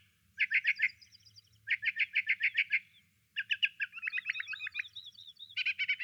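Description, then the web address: Desert mockingbird song made of fast repeated chattering notes in short bursts, each phrase a rapid series of identical syllables, then a switch to a new note type. Solo singer. "desert mockingbird solo"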